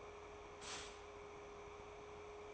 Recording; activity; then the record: daily activity, microphone in the room; stop toaster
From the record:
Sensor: 1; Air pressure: 1014.7 hPa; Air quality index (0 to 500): 199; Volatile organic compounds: 32 ppm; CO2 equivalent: 3006 ppm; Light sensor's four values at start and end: 3/8/3/3 and 3/8/3/3